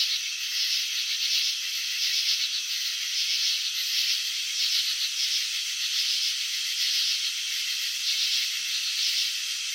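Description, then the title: Crickets chirping in slow motion, a dense scratchy pulse train with repeated brief louder bursts. Crickets chirping, shown in slow motion. "Crickets in Slow Motion 📷. Capturing the Elegance of Chirping"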